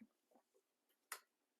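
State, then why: Seated. A plastic missile launcher is pressed into its side mount on a toy tank, with faint handling noises before it pops into place. A sharp, bright snap at 1.1 seconds marks the launcher seating in the mount.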